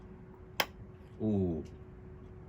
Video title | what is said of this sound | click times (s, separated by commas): Lexus LS430 overhead console repair | Guys, did you hear that click? It didn't click before. | 0.6 s